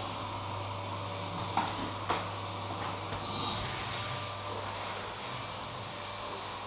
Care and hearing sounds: daily activity, microphone in the room; vacuum cleaning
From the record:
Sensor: 1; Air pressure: 988.7 hPa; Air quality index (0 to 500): 198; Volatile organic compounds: 986 ppm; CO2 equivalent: 5282 ppm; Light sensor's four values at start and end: 22/84/32/32 and 21/77/29/31

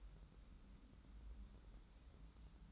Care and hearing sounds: daily activity, microphone in the room; take from stove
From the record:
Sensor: 3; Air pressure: 994.4 hPa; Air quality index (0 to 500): 213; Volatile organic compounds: 1000 ppm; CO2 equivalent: 7118 ppm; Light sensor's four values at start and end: 199/479/202/201 and 199/479/202/201

